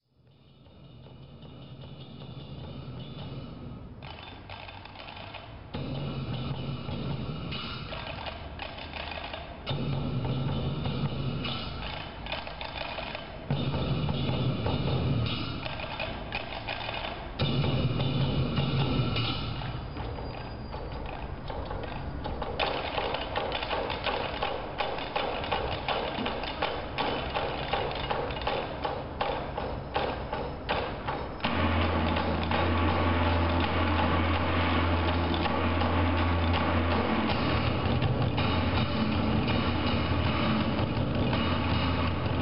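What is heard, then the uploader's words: Percussion from a musical performance, opening with a quick fade-in and building through repeated low booming drum strikes every few seconds over dense clattering. From about thirty seconds the playing thickens into a steady, loud, driving roll with a sustained low tone beneath. China Sound (percussion) from a musical production of a historical re-enactment taking place inside the walls of the old city of Xi'an, China.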